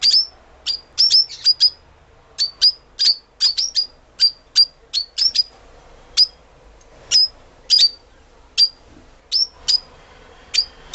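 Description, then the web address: Fischer's lovebird giving sharp, high shrill chirps, singly and in quick pairs, repeated irregularly against a quiet background. "golosa ptic kak poyut popugai nerazlucniki agapornis. parrots agapornis-fischeri"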